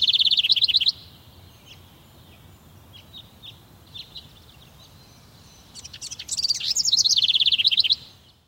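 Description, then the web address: Bird singing high, fast trilled phrases, one ending at the start and another full phrase near the end, with scattered faint chips in the pause. Morning. "suono degli uccelli mattutini"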